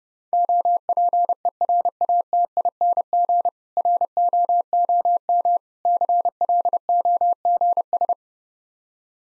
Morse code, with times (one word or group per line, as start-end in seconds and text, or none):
0.3-3.5 OPERATING
3.8-5.6 ROOM
5.9-8.1 CLOGS